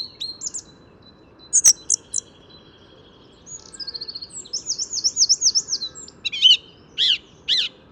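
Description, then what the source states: Song Thrush song: varied phrases of sharp notes and rapid trilled, warbling whistles, some repeated, with pauses between; faint steady low background noise. Singing in spring, resuming its song just after landing on a branch in front of the recordist.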